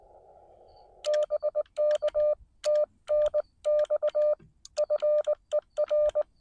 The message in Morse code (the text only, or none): BK TNX FER